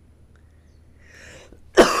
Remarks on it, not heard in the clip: I'm still sick. I'm sorry for coughing directly into the microphone. It's one of those wet coughs.